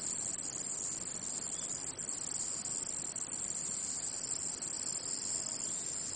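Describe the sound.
Cicada song, loudest in the opening half second, then a flat, continuous high hiss to the end.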